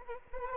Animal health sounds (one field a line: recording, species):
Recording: mosquito wingbeat signal from an infrared sensor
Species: Anopheles arabiensis